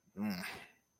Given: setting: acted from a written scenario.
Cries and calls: vocal sound without words; contempt

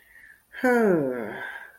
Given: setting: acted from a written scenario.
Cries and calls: vocal sound without words; serenity

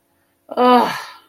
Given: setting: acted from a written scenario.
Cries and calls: vocal sound without words; relief

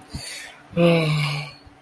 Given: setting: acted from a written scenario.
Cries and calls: vocal sound without words; guilt

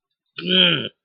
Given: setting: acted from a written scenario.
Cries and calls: vocal sound without words; anger

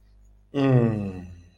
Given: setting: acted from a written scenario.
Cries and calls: vocal sound without words; relief

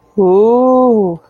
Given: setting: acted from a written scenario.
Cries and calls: vocal sound without words; awe

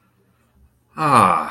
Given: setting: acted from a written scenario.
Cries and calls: vocal sound without words; serenity

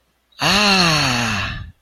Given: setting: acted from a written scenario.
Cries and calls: vocal sound without words; elation

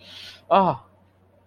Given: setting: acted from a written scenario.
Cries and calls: vocal sound without words; pain

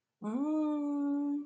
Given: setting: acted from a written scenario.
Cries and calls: vocal sound without words; desire

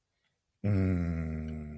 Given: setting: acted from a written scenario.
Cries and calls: vocal sound without words; serenity

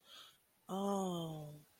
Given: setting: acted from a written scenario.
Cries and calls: vocal sound without words; sympathy

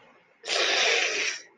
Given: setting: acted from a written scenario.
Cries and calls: vocal sound without words; shame

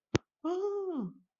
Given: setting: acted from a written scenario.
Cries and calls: vocal sound without words; distress

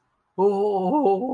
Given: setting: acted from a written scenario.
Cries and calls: vocal sound without words; awe

